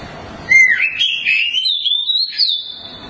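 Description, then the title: Oriental magpie-robin singing one long, continuous whistled phrase that wavers and climbs steadily, ending on a high, sustained note. Long-duration song. "Kacer Durasi Panjang"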